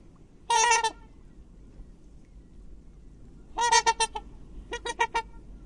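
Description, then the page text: Black swan giving harsh, harmonic honking calls: one at the start, then a stuttered burst of several notes near four seconds and another rapid series near five seconds. "Cisne Negro (Cygnus atratus). Aves Fantásticas"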